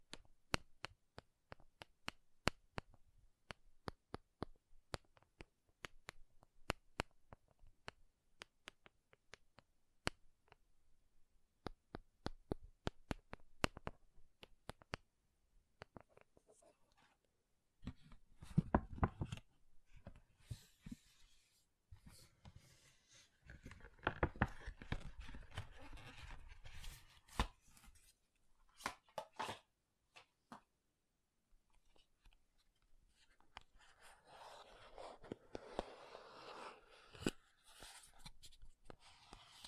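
Makeup tapping and scratching: sharp, dry taps come quickly and irregularly through the first half, clustering in bursts. From about 18 seconds, scratchier rubbing sounds fill in between the taps, with denser bright scraping passages around 24–28 and 34–38 seconds.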